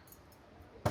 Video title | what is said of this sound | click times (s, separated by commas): “Furniture வாங்க இதுதான் சரியான Chance 😍 - PTC Clearance Sale - Budget Price Shock 😱” #ptcfurniture | ஆமா கால் ஒரு லாக் பண்ணிங்கன்னா லாக் ஆயிடும். | 0.9 s